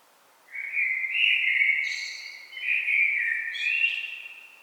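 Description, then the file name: Common blackbird singing two connected phrases of warm, warbling whistles topped by thin high squeaks. "Turdus merula"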